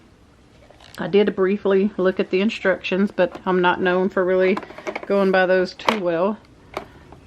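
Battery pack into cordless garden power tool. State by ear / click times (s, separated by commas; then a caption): seated / 6.8 s. A rechargeable battery pack is pushed into the battery slot of a cordless lawn and garden power tool while someone talks. After the talking stops, a single sharp click at 6.8 s marks the battery snapping into place and seating.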